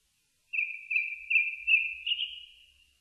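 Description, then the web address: Japanese thrush producing a sustained pure whistle, pulsing in strength several times and lifting slightly near the end. Recorded on 4 May 2001. "2001 010504 kurotugumi"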